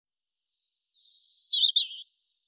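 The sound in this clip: European robin song opening with faint, thin high whistles, then a richer, lower twittering burst, with no background noise.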